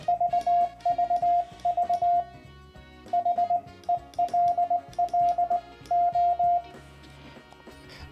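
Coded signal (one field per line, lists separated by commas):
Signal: Morse code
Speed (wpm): 19 wpm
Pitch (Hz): 700 Hz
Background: music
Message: VVV HELLO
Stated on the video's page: Morse sent through VBand in a browser or phone, optionally with own key via VBand USB interface, for practicing on-air exchanges when bands are bad.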